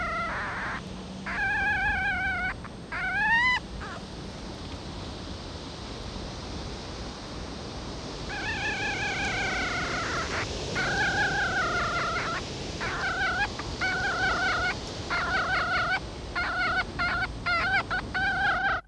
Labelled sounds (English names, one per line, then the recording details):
Red Fox
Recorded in captivity
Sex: female
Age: juvenile
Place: Zoologisches Institut der HUB, Berlin, DE
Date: 1956-05-07 12:45
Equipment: Elmetra
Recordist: Tembrock, Günter
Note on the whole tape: Molly-Welpen. Weibchen (außen): Quärren, Crescendo, Tremolo abgesetzt